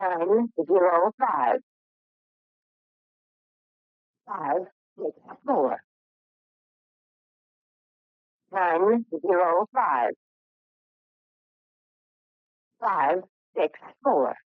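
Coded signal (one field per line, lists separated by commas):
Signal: numbers station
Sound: a voice reading short number groups with pauses between them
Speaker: These so-called numbers stations are found on many frequencies, broadcasting their cryptic messages in several languages.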